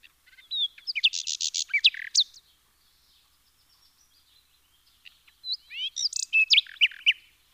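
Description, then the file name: Common nightingale song: two bursts of rapid, loud chirping phrases with fast trills and sharp whistles, separated by a quiet pause. "Luscinia megarhynchos"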